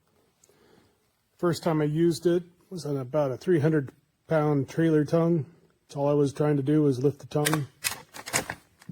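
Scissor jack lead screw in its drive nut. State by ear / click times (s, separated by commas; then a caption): stripped / 7.9 s, 8.2 s, 8.3 s, 8.4 s, 8.5 s, 8.8 s. Someone talks, then works the ratchet handle of a CPROSP 2.5-ton (5,511 lb) steel scissor jack, first used to lift a trailer tongue of about 300 pounds. Rapid typewriter-like clicks at 7.9, 8.2, 8.3, 8.4, 8.5 and 8.8 seconds come from the lead screw slipping in its worn drive nut. The nut thread has stripped and the jack is shot.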